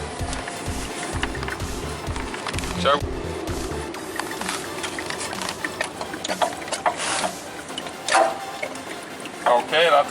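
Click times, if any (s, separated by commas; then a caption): 6.9 s. A new CV axle drive shaft is pushed into the transaxle of a Dodge Stratus / Chrysler Sebring until its retaining clip snaps home with a click at 6.9 s, seating the axle in the transmission. Someone talks throughout, with scattered sharp metallic knocks and scrapes from the work.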